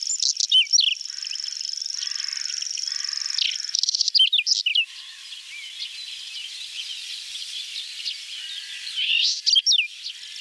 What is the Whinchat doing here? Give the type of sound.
song